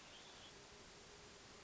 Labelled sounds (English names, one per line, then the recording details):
Hermit Thrush
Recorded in Sonoma County, California